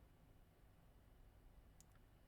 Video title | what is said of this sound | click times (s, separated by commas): Part 10 Craftsman 6" Jointer Rebuild (Cleaning & Polishing & Powr Panl Assembly) | rest this thing on to get it to snap in place | 1.8 s